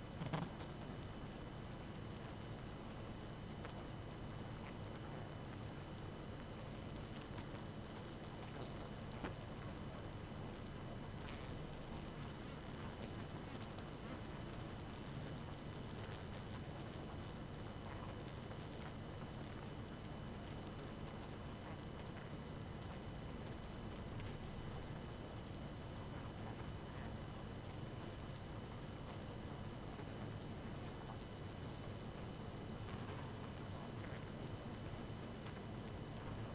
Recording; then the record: honeybee colony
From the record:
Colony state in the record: active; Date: 12 June 2018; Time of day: 2:02